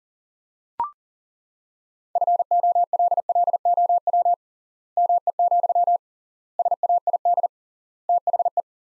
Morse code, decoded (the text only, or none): FOLLOW ME, SAID THE